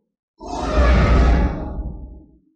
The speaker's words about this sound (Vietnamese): Rất nhiều khối cổ thi gầm rống khắp 4 phương 8 hướng vây lấy nơi này. Mỗi một thi thể đều đen nhánh khô héo, mái tóc rối bù.